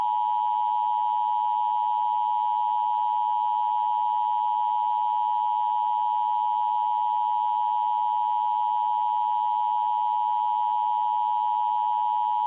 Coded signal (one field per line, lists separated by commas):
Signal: Emergency Alert System (SAME) tones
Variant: 853 and 960 Hz attention tone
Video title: FAKE Monthly EAS Test #2